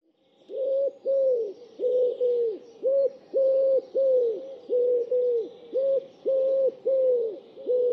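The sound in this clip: Bird giving a run of low, mellow hooting notes, each brief, repeated steadily and sometimes doubled, over faint high-pitched background twittering.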